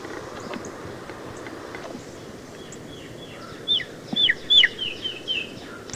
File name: Tufted Titmouse